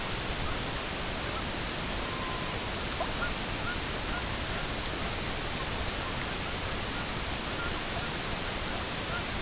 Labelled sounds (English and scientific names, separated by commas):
Red-throated Loon (Gavia stellata), unidentified sound